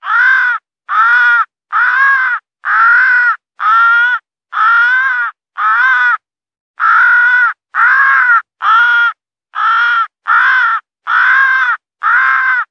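Crow delivering a long series of harsh, nasal caws, about fourteen in all, split into two bursts by a brief pause, with nothing else audible.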